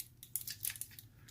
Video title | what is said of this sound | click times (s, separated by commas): Fans Toys FT-42 Hunk (Masterpiece Brawn) | Snap this together. | 0.4 s